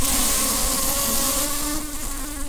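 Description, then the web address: Common carder bee buzzing with a steady, humming drone that holds an even pitch throughout, over a hiss of background noise. Queen. "bumblebees Pascuorum-queens"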